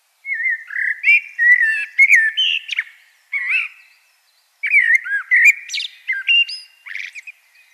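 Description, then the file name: Common blackbird singing two warbled phrases in quick succession, mixing mellow fluted whistles with sharp, high scratchy notes. "Turdus merula"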